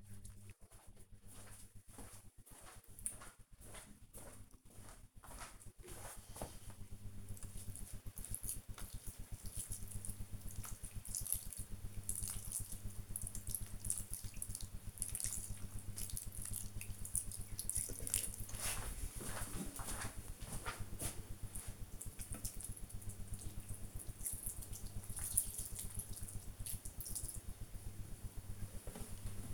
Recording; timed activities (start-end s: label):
household activities, microphone on the right wrist
0.00-28.42 s: watering plant